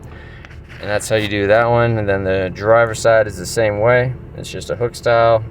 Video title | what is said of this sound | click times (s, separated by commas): 2017 - 2019 NISSAN SENTRA ENGINE FILTER & CABIN FILTER , WIPER BLADES & OIL FILTER REPLACEMENT 1.8L | then slide it forward it should kind of snap into place and then you push this down to lock it so it won't move and ever it won't back out or nothing like that | 0.4 s